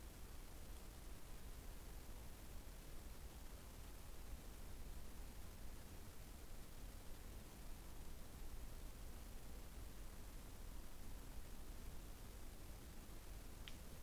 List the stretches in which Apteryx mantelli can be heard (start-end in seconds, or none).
none